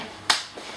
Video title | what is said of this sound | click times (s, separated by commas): Annalise & Mel Mummy Mayhem - Pimp My Pushchair UK with Mel | can hear them click in here and | 0.3 s